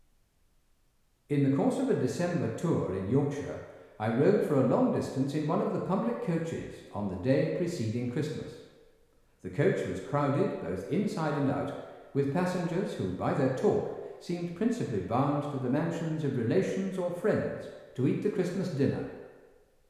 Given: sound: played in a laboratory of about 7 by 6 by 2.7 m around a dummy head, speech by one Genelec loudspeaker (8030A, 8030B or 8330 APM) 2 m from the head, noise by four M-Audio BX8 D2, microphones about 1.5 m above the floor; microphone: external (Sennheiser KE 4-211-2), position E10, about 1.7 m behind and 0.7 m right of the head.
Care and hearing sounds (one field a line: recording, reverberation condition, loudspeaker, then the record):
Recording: male speech in English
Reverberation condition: high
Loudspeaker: behind (180 degrees)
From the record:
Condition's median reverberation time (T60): about 1300 ms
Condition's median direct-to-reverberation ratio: about -4.0 dB